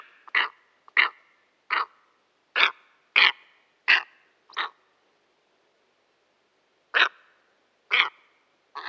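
Steppe eagle repeating hoarse, clipped barking notes, seven in quick succession, then a two-second silence before a few more calls resume.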